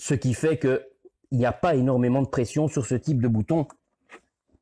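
Someone talks while handling a snap button on the tonneau cover of a Triumph Spitfire Mk2, which is pressed onto its fixed body-mounted stud with only a very slight tight fit. Nothing has seated or clicked yet by the end of the clip.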